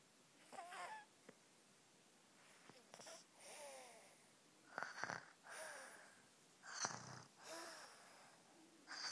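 Irregular, rough breathing noises with paired inhale and exhale bursts in a quiet room: an adult snoring during sleep at 3 a.m.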